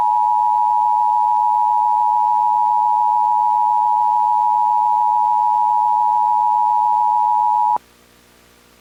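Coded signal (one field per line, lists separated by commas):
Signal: Emergency Alert System (SAME) tones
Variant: 853 and 960 Hz attention tone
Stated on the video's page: Mock EAS alert about a creature escaping a zoo.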